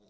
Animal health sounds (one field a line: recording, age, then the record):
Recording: pig call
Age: piglet (1 to 25 days)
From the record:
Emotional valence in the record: positive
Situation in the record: short reunion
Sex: female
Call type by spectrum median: low-frequency call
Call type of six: low-frequency tonal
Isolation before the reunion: 3 minutes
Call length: 0.10 s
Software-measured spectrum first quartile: 341 Hz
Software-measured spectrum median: 733 Hz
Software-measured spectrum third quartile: 5215 Hz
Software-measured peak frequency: 197 Hz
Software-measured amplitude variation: 20 dB a second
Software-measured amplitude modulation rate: 15.2 a second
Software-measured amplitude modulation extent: 1.3 dB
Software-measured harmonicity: 1.3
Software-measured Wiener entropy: -3.38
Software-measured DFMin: 1146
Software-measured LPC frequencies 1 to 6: 519, 2475, 3743, 5066, 5713, 7233 Hz